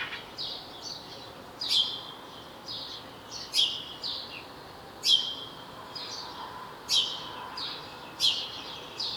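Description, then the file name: House sparrow chirps, short harsh notes repeated at irregular intervals, with softer chirps between and a steady background hiss. "Passer domesticus"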